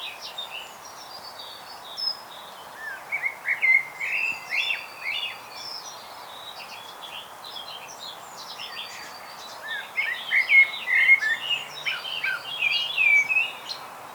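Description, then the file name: Eurasian blackbird song in two bursts of rich fluted phrases with squeaky twittering endings, one early and one late, amid a steady chorus of other small birds. "Turdus merula"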